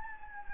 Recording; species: mosquito wingbeat signal from an infrared sensor; Anopheles gambiae